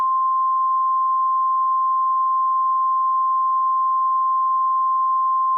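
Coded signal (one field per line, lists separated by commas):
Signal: Emergency Alert System (SAME) tones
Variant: 1050 Hz attention tone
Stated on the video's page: Fictional, simulated alert scenario.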